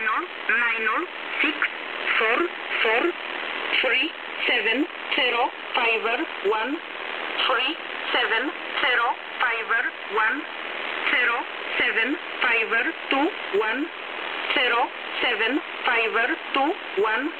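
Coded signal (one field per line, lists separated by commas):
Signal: numbers station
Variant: E11 (Oblique), English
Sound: female voice reading short evenly spaced numbers, about two words a second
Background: radio static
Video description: 40 count E11a. Last 40 count message was sent in April 2013. Big messages on this station are 40+ groups.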